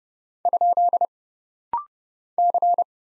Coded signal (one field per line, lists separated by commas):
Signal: Morse code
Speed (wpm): 30 wpm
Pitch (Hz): 700 Hz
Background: none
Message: ? C